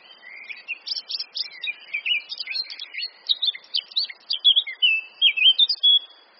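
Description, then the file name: Eurasian blackcap song: a hurried string of scratchy chips that turns into clearer, louder fluted whistles in the second half. "Sylvia atricapilla"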